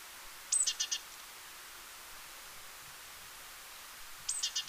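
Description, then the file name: Great tit calling twice, each call a sharp high note followed by several rapid buzzy chattering notes, with a quiet gap between. "Parus major"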